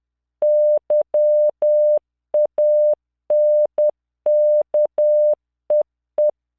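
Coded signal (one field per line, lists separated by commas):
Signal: Morse code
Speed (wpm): 10 wpm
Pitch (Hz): 600 Hz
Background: none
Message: YANKEE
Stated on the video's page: Morse practice drill at 10 WPM, 600 Hz tone, standard 3-dot spacing, generated by LearningMorse V.0.83 software under Wine on Xubuntu.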